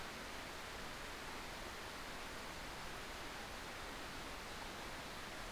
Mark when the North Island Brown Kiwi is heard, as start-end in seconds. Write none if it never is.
none